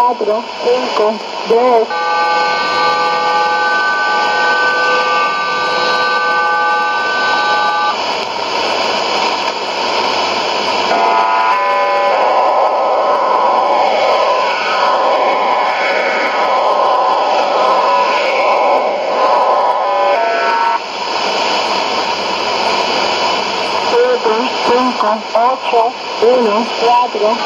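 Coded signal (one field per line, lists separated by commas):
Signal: numbers station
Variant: HM01, Spanish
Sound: spanish voice reading digits, a chord of steady tones, then a stretch of hissing data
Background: radio static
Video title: 21 06 2017 Numbers station Cuban Spy HM01 in Spanish 0646 on 10345 Bauta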